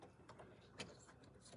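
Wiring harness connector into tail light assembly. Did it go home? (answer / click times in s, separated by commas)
no / none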